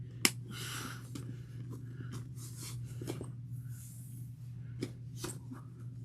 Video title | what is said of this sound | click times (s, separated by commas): Hope Bag by Janie Bags | Okay, you want to snap in place, I see. | 0.2 s